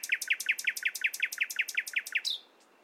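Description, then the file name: Common nightingale song: a rapid, loud run of about a dozen identical throaty notes repeated evenly, stopping abruptly with a brief whistle. "Luscinia megarhynchos"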